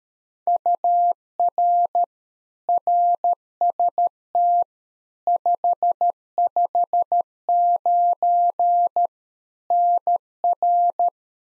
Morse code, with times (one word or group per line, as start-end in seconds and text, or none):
0.5-2.0 UR
2.7-4.6 RST
5.3-9.1 559
9.7-11.1 NR